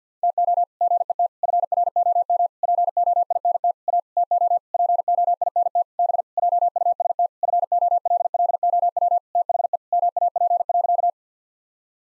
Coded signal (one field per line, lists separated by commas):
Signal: Morse code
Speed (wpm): 50 wpm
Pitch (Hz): 700 Hz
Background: none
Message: TO GET FROM POINT A TO POINT B JUST FOLLOW THE MAP.